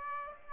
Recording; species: mosquito wingbeat signal from an infrared sensor; Aedes aegypti